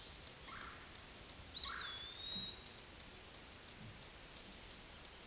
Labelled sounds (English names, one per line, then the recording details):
Eastern Wood-Pewee song
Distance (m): 30 m
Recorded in a Pennsylvania forest on 18 May 2023 at 13:37
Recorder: AudioMoth, point grid1_35_low
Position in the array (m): 177 m, 167 m